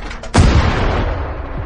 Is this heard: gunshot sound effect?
yes